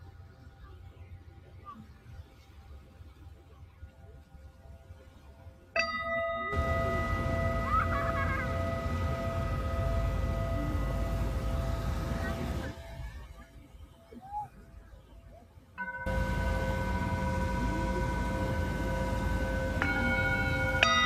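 A Tibetan singing bowl is struck twice, near 6 and 16 seconds, each time ringing out in steady layered tones over a low murmur.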